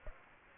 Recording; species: mosquito wingbeat signal from an infrared sensor; Aedes aegypti